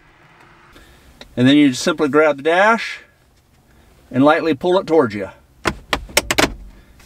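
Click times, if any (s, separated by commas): 5.9 s, 6.2 s, 6.3 s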